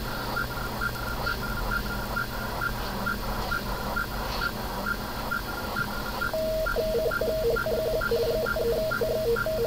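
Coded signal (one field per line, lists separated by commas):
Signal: NAVTEX (SITOR-B)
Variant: AMTOR ARQ, 100 baud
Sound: rhythmic chirping bursts about twice a second, then warbling two-tone data bursts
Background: radio static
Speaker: let's try to move in first let's wait for the link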